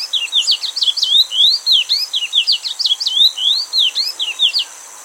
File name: Wing barred seedeater